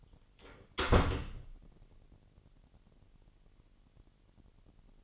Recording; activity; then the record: daily activity, microphone in the room; close door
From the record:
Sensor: 4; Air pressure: 999.2 hPa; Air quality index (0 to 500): 115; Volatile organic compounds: 2 ppm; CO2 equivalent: 1134 ppm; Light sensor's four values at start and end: 13/31/12/14 and 13/31/12/14